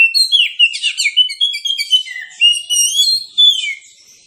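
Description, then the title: Magpie-robin song: a rapid, loud run of varied high whistles, sharp chirps and slurred notes, continuous and shifting in pitch, fading at the end. Kacer song, insistent with full 'tembakan' bursts, meant to trigger an immediate fighting response and as therapy for kacer reluctant to sing. "Kacer Langsung Tarung Konslet KACER NGOTOT FULL TEMBAKAN. Kicau Kacer santaiterapi Kacer males bunyi"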